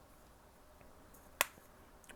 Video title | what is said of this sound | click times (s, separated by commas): Marvel Legends Walmart Exclusive Black Panther (Vibranium Tech Suit) Review | pops right in really well and it looks even just as good | 1.4 s